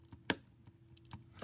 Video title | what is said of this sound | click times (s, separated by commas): Galaxy S21 Screen Replacement – Step-by-Step Repair Guide | could hear it click, and you don't want to force it. | 0.3 s